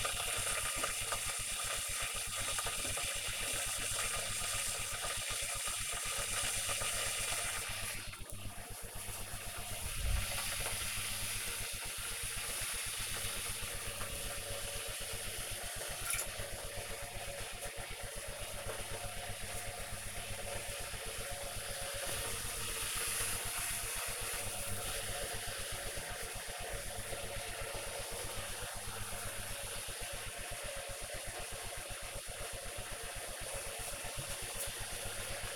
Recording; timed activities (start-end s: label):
household activities, microphone on the right wrist
0.00-35.56 s: making tea